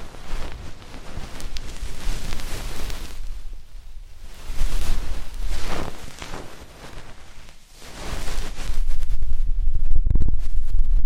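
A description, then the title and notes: Deep ear cleaning sounds: soft rubbing and scraping swells that rise and fade in waves, with quieter dips near four and seven to eight seconds. Steady low rumble underneath, and sharper crackly scratches toward the end around ten seconds. ASMR INTENSE Deep Ear Cleaning (No Talking).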